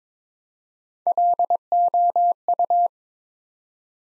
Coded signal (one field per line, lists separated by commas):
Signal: Morse code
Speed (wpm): 21 wpm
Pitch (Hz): 700 Hz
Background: none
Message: LOU